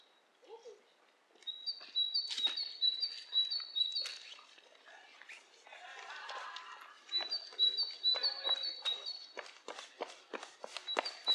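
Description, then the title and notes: Bird twittering in high chirped phrases, broken by frequent sharp clicks and rustling knocks. Two birds interacting with each other, lo-fi. "bird dialogs. lo-fi recording of two birds interacting"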